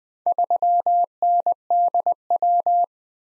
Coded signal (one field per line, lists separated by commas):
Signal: Morse code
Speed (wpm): 20 wpm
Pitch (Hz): 700 Hz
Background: none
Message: 3NDW